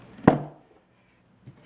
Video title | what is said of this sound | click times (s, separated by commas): Reebok Aerobic Deck - Close Up Views - Stepper and Fitness Bench Review | so once i unlock it i can pull it up | 0.3 s